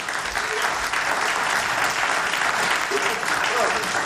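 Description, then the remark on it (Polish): Steady, dense applause from a talk-show studio audience, many hands clapping at once in a continuous crackling wash that holds an even loudness for several seconds without any voices on top, welcoming the first guest, a tram driver of the year contest winner. “Brawo dla niego!”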